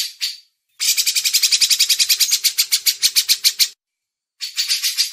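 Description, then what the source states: Grey-cheeked bulbul with a steady train of harsh pulsed notes, several per second, followed by a pause and a fresh burst. Masteran recording.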